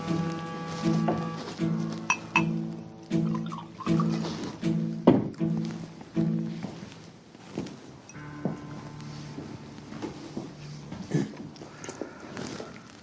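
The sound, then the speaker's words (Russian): Water is poured into a glass for someone to drink, in a steady, gurgling stream, with a bright clink partway through and a few soft knocks as the pouring tapers off. “Попейте водички.”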